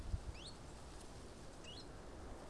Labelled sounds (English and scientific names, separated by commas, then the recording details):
Common Chiffchaff (Phylloscopus collybita)
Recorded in Germany
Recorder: ecoPi